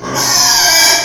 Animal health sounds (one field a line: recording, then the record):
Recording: squeal of a Yucatan mini pig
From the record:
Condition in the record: before surgery on the right vocal fold (resection and tissue-engineered implant)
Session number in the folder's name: 2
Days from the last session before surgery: 0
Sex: male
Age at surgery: 12 weeks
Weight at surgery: 13 kg